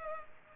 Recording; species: mosquito wingbeat signal from an infrared sensor; Culex pipiens